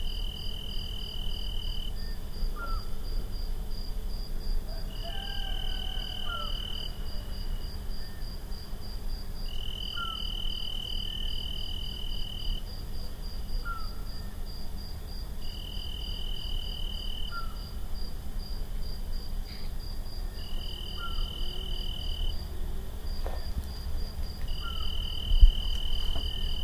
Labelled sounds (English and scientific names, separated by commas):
Eurasian Scops Owl (Otus scops)